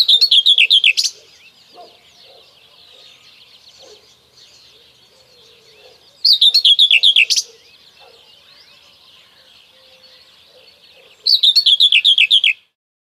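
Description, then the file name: Common whitethroat song: brief chattering phrases of about a second each, repeated roughly every five seconds. "Cierniówka"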